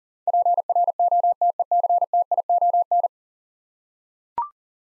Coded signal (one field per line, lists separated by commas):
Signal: Morse code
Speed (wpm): 40 wpm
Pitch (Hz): 700 Hz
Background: none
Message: PROTECTION